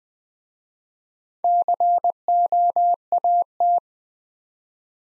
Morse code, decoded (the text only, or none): COAT